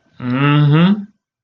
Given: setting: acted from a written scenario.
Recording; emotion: vocal sound without words; pride